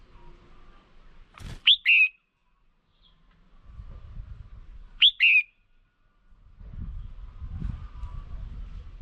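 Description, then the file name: Red-whiskered bulbul calling: a bright two-part whistled phrase, a sharp rising note then a lower slurred one, given twice about three and a half seconds apart over low rumbling background. Female bird. "Tieng chao mao mai"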